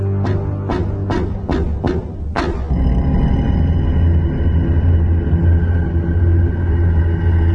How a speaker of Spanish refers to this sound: El golpear en la puerta de unos nudillos repica 6 veces.